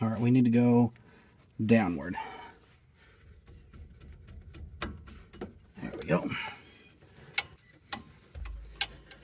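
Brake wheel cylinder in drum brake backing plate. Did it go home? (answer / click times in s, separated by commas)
released / 8.8 s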